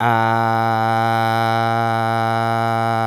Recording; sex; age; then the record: sustained vowel /a/; male; 40 to 49 years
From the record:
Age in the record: 45 years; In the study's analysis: included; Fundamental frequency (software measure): 114 Hz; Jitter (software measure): 0.24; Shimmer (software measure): 1.40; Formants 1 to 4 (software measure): 785 Hz, 1403 Hz, 2175 Hz, 3190 Hz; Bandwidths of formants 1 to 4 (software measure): 91 Hz, 111 Hz, 234 Hz, 348 Hz